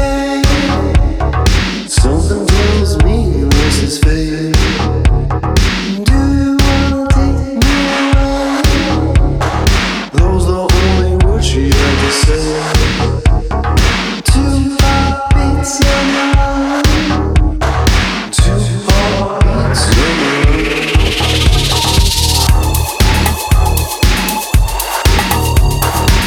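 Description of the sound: Regular low thumping near 118 per minute beneath layered tones: simulated pulsatile tinnitus heard as two heartbeats.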